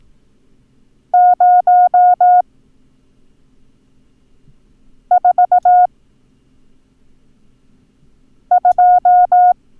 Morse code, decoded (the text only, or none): 042